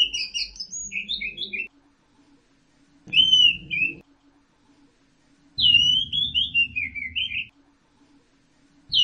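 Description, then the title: Orange-headed thrush delivering varied warbled phrases in bursts separated by pauses, with low rumbling noise during each phrase. "Burung Anis Merah"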